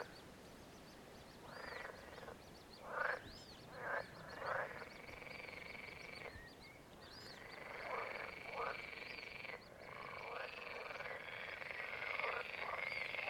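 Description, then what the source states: Frog croaks in scattered bursts, with a steady shrill continuous trill running through most of the second half. In nature.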